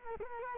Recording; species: mosquito wingbeat signal from an infrared sensor; Culex quinquefasciatus